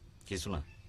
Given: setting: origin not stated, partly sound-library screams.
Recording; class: one-second piece from a danger detection set; normal situation